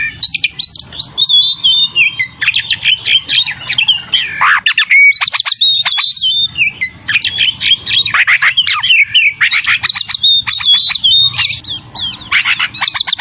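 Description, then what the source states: Oriental magpie-robin pouring out a dense, fast stream of sharp chirps, whistled slurs and scratchy notes, nearly continuous for the whole stretch. Kacer from Tretes singing vigorously in the style called gacor.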